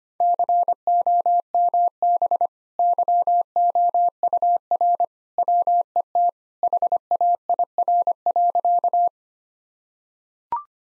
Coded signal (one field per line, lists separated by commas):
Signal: Morse code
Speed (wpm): 25 wpm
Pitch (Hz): 700 Hz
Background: none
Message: COMB YOUR WET HAIR.